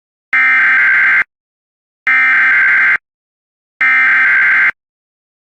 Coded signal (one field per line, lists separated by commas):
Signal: Emergency Alert System (SAME) tones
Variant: header bursts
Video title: RWTs From 6/28/23 (EAS #1853-1867)